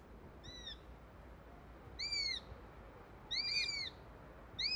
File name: Eurasian Sparrowhawk